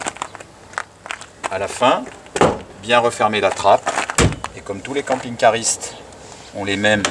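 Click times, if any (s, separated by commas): 0.8 s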